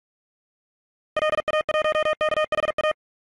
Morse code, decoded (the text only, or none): LA1KHA